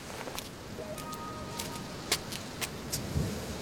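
nature, thunder and heavy rain

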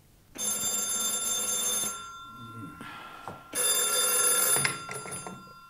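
signal or alarm, telephone ringing

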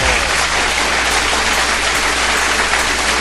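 crowd, audience applause

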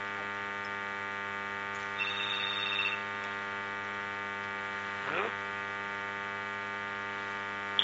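signal or alarm, telephone ringing

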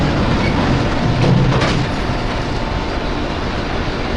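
vehicle, train pulling away

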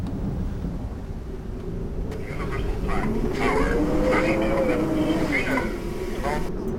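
nature, thunderstorm with rolling thunder

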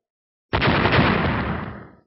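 sound effect, explosion

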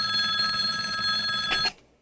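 signal or alarm, telephone bell ringing

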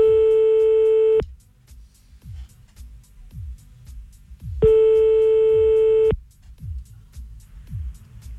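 signal or alarm, telephone ringing tone

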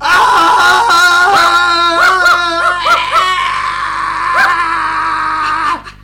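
sound effect, man screaming in pain

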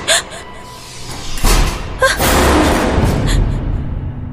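household object, door slamming shut

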